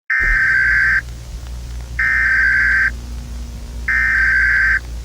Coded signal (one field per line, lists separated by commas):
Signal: Emergency Alert System (SAME) tones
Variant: header bursts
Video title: EAS evacuation fail